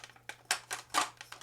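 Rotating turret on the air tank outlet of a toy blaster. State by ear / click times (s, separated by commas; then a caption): seated / 0.5 s. The rotating turret of an Air Tech 3000 toy air blaster is pulled out slightly, turned to the next position and dropped back over the air tank outlet. It gives a sharp plastic click at 0.5 s as it indexes and locks into place, among softer handling clicks and rattles.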